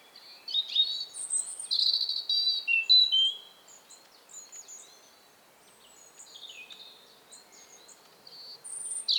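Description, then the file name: European robin song: several loud, high, wavering warbled phrases with sliding notes, followed by softer, scattered high twitters and a final sharp note. "Erithacus rubecula 240917"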